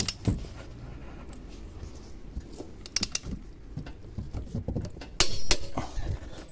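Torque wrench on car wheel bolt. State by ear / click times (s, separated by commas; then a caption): torque reached / 5.2 s. A torque wrench re-tightens a car wheel bolt to 210 Nm. Metallic ratcheting and small knocks lead up to a sharp click at 5.2 s, when the wrench reaches the set torque. The bolt is confirmed tightened to 210 Nm.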